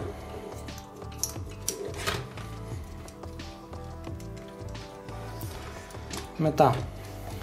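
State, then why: Not seated. A plastic panel on a transforming-robot figure is handled and pushed inwards toward the figure body during its transformation, while someone talks over background music. Only light plastic handling taps are heard. Nothing has seated or clicked yet.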